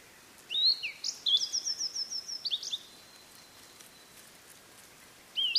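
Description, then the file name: Blue-and-white flycatcher song: clear whistles leading into a quick series of repeated high notes, then a pause before another phrase begins at the end. "oruri"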